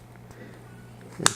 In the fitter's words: to put it back again you just put on the angle kind of push push in turn it till it snaps in place